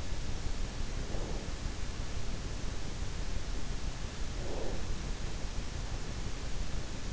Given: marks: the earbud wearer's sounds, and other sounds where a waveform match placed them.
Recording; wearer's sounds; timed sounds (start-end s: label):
sounds in sleep by an in-ear microphone; breath
0.97-1.51 s: breath
4.43-4.82 s: breath